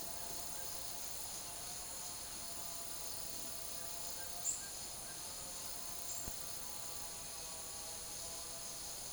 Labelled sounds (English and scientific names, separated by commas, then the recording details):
none
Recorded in secondary vegetation near Puerto Asís, Putumayo, Colombia, on 13 March 2025 at 10:30
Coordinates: 0.489, -76.322
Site G042